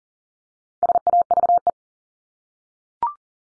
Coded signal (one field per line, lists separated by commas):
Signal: Morse code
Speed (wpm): 40 wpm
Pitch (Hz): 700 Hz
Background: none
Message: SAVE